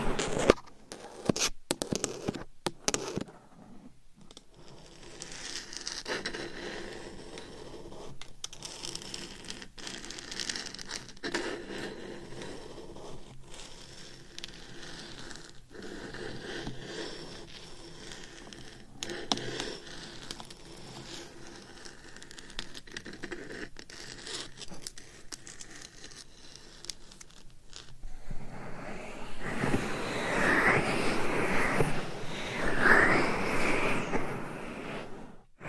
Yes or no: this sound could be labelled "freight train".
no